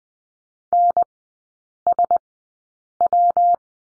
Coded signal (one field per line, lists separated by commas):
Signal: Morse code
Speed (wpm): 20 wpm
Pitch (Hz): 700 Hz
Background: none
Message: NSW